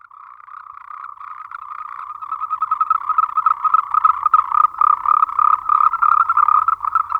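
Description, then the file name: Moltrecht's green treefrog giving fast trains of croaking pulses that start faint and grow louder, several notes a second, in broken bursts. "Rhacophorus moltrechti"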